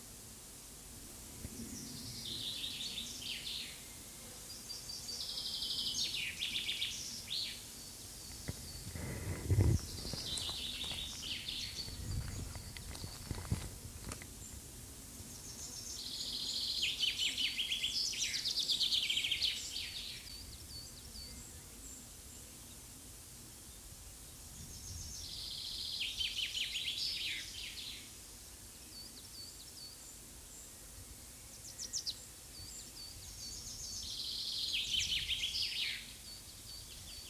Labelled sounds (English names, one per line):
Common Chaffinch song